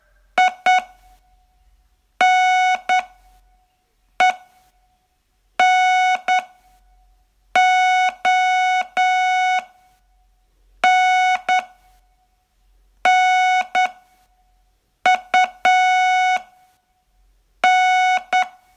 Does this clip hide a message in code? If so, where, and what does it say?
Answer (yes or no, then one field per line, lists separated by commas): yes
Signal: Morse code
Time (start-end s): 0.4-18.4 s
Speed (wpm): 9 wpm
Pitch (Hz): 740 Hz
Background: music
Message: INENONNUN